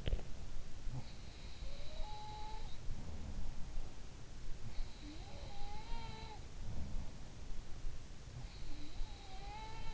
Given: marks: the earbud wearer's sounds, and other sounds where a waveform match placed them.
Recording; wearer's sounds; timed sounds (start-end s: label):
sounds in sleep by an in-ear microphone; teeth grinding
0.00-0.19 s: teeth grinding
4.44-7.41 s: sound from someone else or the room